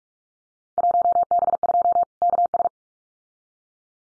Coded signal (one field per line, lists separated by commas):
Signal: Morse code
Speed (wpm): 44 wpm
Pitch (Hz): 700 Hz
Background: none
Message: 1B2 KS